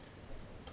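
A loaded magazine is inserted into an airsoft spring rifle, with soft handling noise before it seats with a click at 0.7 s. The magazine is seated, pressing down a button so the follower pops up.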